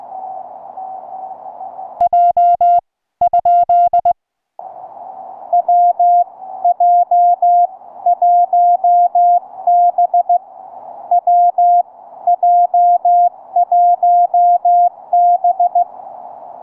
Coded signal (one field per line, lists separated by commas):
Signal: Morse code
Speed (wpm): 18 wpm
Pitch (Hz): 690 Hz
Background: music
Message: J? WJ1B WJ1B